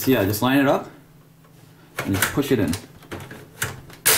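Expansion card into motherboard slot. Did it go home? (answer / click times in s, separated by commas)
yes / 3.6 s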